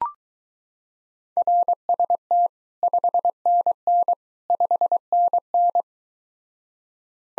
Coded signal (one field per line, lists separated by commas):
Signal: Morse code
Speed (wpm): 23 wpm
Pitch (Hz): 700 Hz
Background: none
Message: RST 5NN 5NN